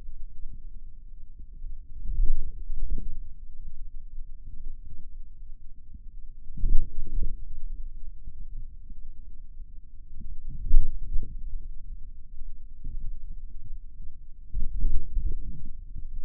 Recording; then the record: forearm muscle sounds (acoustic myography)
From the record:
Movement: ulnar deviation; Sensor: system 2, bracelet of six BSWA MPA416 microphones around the upper forearm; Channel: 4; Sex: male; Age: 22 years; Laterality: right